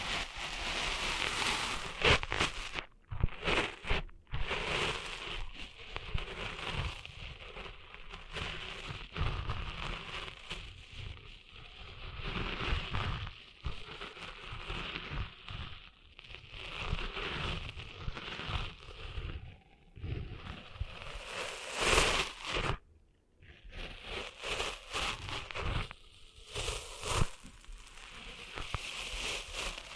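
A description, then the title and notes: Sand being cleaned out of an ear makes dense, crackling scratches and rubbing that run nearly nonstop, with brief pauses near 4, 20 and 23 seconds. ASMR Cleaning Sand Out of Your Ears (No Talking).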